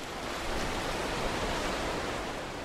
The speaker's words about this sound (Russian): И вот Гомер молчит, и море черное, витийствуя, шумит, и с тяжким грохотом подходит к изголовью.